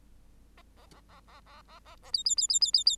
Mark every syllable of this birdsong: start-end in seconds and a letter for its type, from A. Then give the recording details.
0.57-0.62 A, 0.77-0.86 A, 0.91-1.01 A, 1.08-1.20 A, 1.27-1.41 A, 1.46-1.62 A, 1.68-1.79 A, 1.85-1.96 A, 2.02-2.11 A, 2.13-2.23 B, 2.25-2.35 B, 2.37-2.47 B, 2.49-2.60 B, 2.61-2.71 B, 2.73-2.84 B, 2.86-2.96 B. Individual Bird8